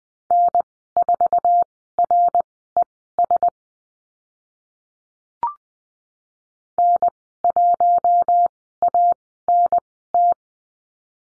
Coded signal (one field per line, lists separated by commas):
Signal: Morse code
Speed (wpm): 20 wpm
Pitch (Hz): 700 Hz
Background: none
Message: N4RES N1ANT